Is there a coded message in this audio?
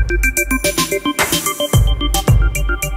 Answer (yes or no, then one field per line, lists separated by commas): no